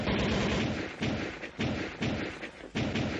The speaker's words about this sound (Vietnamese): gấp tóc móc ra khẩu súng lục ở bên hông, quay về phía của máy chiếu phim đóng ở trên tường, bắn ra máy phát súng.